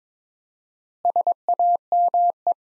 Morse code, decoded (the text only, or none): SAME